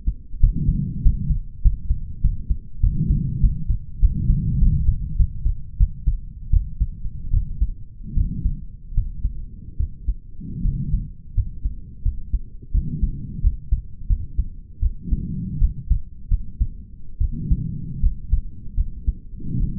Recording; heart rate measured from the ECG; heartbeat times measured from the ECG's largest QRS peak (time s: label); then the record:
heart sounds by stethoscope; 84 bpm
0.41 s: heartbeat
1.03 s: heartbeat
1.62 s: heartbeat
2.22 s: heartbeat
2.81 s: heartbeat
3.41 s: heartbeat
4.00 s: heartbeat
4.59 s: heartbeat
5.17 s: heartbeat
5.78 s: heartbeat
6.51 s: heartbeat
7.32 s: heartbeat
8.15 s: heartbeat
8.95 s: heartbeat
9.78 s: heartbeat
10.63 s: heartbeat
11.35 s: heartbeat
12.03 s: heartbeat
12.72 s: heartbeat
13.42 s: heartbeat
14.07 s: heartbeat
14.80 s: heartbeat
15.59 s: heartbeat
16.29 s: heartbeat
17.19 s: heartbeat
18.01 s: heartbeat
18.75 s: heartbeat
19.58 s: heartbeat
From the record:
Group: healthy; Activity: rest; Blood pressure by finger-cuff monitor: 100/70 mmHg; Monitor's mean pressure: 79 mmHg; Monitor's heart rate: 86 bpm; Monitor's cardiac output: 6.1 L/min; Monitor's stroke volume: 70 mL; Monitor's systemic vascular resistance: 870 dyn s/cm5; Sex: male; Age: 20 years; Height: 187 cm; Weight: 68.9 kg